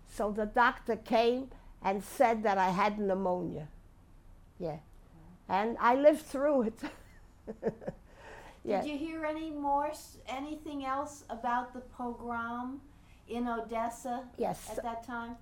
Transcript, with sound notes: So the doctor came and said that I had pneumonia. Yeah. And I lived through it (she laughs)
Did you hear any more, anything else about the pogrom in Odessa at that time?